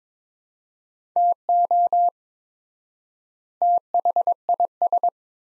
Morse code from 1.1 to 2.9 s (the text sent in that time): TO